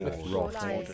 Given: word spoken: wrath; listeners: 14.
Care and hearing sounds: one English word in noise, from a listening test; four-talker babble; 0.3 dB; 0 of 14; 7 of 14; 0.54 s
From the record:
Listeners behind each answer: 7, 1, 1, 1, 1, 1, 1, 1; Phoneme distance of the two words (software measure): 10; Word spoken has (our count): 1 syllable, 3 phonemes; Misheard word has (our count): 1 syllable, 3 phonemes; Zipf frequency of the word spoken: 3.41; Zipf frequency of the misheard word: 3.78

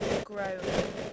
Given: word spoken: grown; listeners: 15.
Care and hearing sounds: one English word in noise, from a listening test; noise modulated by three-talker babble; -4.7 dB; 3 of 15; 9 of 15; 0.73 s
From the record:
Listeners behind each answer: 9, 3, 2, 1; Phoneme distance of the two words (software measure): 7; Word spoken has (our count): 1 syllable, 4 phonemes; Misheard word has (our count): 1 syllable, 3 phonemes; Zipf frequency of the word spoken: 4.73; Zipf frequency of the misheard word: 4.93

